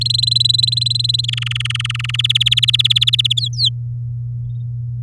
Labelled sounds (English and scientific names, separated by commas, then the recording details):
Domestic Canary (Serinus canaria) song
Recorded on 10 May 2018 at 06:43
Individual llb16